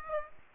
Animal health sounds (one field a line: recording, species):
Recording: mosquito wingbeat signal from an infrared sensor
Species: Aedes aegypti